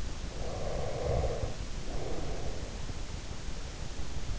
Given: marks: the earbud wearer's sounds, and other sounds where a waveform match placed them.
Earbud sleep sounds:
sounds in sleep by an in-ear microphone; breath
0.00-3.35 s: breath

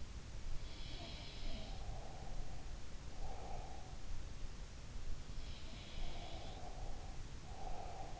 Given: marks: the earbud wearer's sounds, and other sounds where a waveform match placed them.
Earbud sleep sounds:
sounds in sleep by an in-ear microphone; breath
0.70-3.98 s: sound from someone else or the room
1.52-3.98 s: breath
6.03-8.20 s: breath

